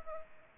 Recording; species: mosquito wingbeat signal from an infrared sensor; Culex pipiens